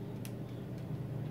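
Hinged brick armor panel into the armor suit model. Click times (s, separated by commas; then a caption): 0.2 s. A hinged plastic building-brick armor panel on a model armor suit is swung up and locks into place to cover gaps. A single short, bright click is heard at 0.3 seconds over a steady low hum, and the panel is seated.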